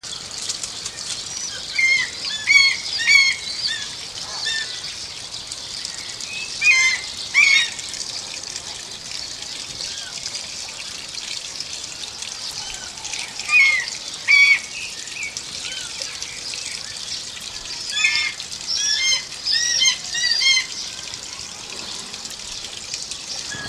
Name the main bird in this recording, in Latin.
Buteo rufinus